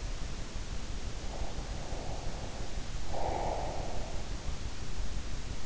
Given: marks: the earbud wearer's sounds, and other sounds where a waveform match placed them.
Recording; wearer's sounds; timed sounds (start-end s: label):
sounds in sleep by an in-ear microphone; breath
1.55-3.95 s: breath